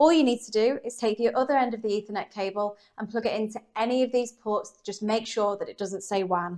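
Someone talks while handling the other end of an Ethernet cable, a plastic RJ45 plug, being readied for a LAN port on the existing Wi-Fi router. The plug has not yet been pushed home, so nothing has seated or clicked yet in this clip.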